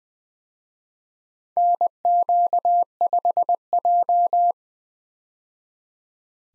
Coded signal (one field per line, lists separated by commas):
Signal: Morse code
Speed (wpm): 20 wpm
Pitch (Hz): 700 Hz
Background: none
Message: NQ5J